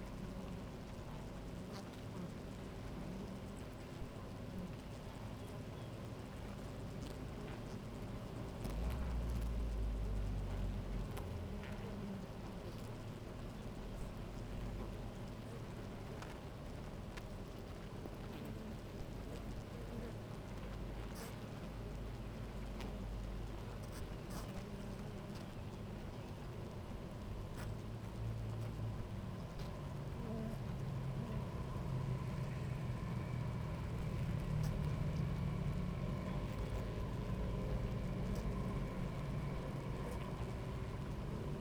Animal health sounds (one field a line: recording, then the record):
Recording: honeybee colony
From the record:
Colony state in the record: active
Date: 28 July 2017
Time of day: 10:43